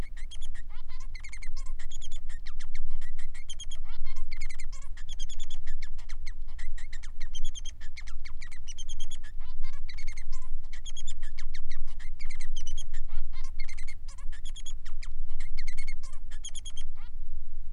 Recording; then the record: song of a male Bengalese finch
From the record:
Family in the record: son of father 3